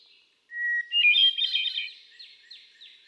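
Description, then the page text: Hermit thrush song: a clear sustained whistled opening note, then a higher tumbling cascade of fluty, ringing phrases that fade into faint echoing trills. Male singing, cycling through a repertoire of about ten different songs; recorded 13 June 2006 at Quabbin Park, Ware, Massachusetts. "Birdsong for the Curious Naturalist. Hermit thrush"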